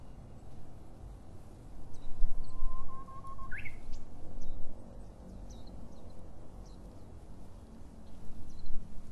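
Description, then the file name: Japanese bush warbler song: a long, steady whistle that ends in a sharp rising flourish, with faint scattered chirps in the background. Recorded in 2012. "uguisu 2012"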